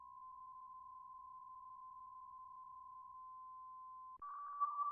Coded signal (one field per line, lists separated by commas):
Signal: PSK63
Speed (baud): 62.5 baud